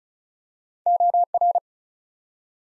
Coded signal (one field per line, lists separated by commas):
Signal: Morse code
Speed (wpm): 36 wpm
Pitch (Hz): 700 Hz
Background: none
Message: OR